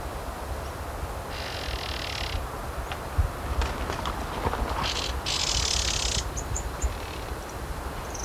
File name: Diglossa albilatera - White-sided Flowerpiercer